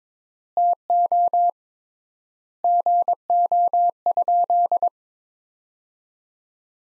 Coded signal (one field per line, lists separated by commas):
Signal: Morse code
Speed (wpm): 22 wpm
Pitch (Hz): 700 Hz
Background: none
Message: TO GO?